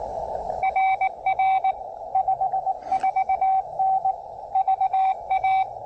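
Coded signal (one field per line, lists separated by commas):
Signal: Morse code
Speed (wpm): 19 wpm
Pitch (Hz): 760 Hz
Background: radio noise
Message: RR 54N VA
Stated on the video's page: Morse from a POTA park activation at a state historic site.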